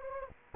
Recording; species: mosquito wingbeat signal from an infrared sensor; Anopheles gambiae